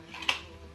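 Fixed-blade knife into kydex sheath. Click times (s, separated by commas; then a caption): 0.3 s. A Wilson Custom Knives SkelePAL fixed-blade knife is pushed into a black kydex sheath worn horizontally in cross draw. After a faint rustle of the blade sliding in, a sharp, bright snap at 0.3 s marks the knife popping into place, fully seated.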